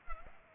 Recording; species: mosquito wingbeat signal from an infrared sensor; Culex pipiens